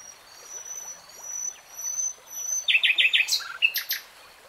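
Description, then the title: Nightingale song opening with soft thin whistles, then a quick burst of four loud pulsing notes and sharp varied chirps. Singing in real time. "[Tiếng chim hót] 3 Hours REALTIME Nightingale Singing"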